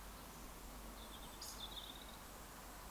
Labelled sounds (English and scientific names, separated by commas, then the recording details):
Eurasian Woodcock (Scolopax rusticola) whistle
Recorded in Baden-Württemberg, Germany, on 18 June 2021 at 19:24 UTC
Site 49334, 1074 m above sea level